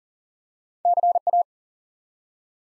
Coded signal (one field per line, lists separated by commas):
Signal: Morse code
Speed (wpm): 38 wpm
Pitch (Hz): 700 Hz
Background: none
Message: CA